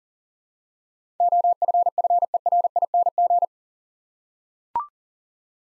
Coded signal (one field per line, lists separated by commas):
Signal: Morse code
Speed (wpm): 40 wpm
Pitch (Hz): 700 Hz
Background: none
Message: OFFERING